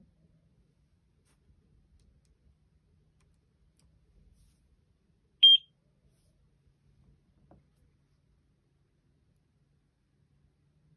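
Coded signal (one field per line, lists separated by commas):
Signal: pager alert tone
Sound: one short high-pitched beep of about a fifth of a second amid near silence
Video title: Using a Raspberry Pi as POCSAG Transmitter.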